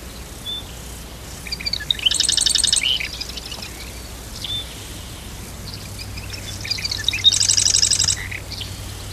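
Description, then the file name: Marsh wren giving rapid, buzzy, rattling trills at a high pitch, two bursts a few seconds apart, with a low steady hum underneath. Recorded in Dorchester County, Maryland, in July 2009. "Marsh Wren Dorchester Co MD 200907"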